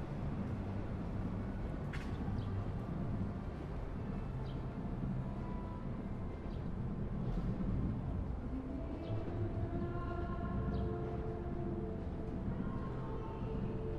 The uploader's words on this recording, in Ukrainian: Трамвай на Контрактовій площі, Київ. Трамвай №16 починає свою дорогу до Героїв Дніпра. Вечір.